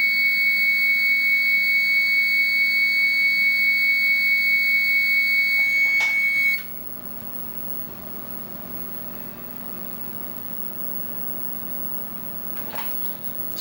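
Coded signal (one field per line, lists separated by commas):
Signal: 300-baud modem data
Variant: Bell 103, 300 baud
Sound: steady high carrier tone that cuts down quiet after six seconds, faint hum remains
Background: low electrical hum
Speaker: I'm gonna flip to originate and we're gonna use the rotary phone to dial in to the to the tell tone and see if we could get the computer to answer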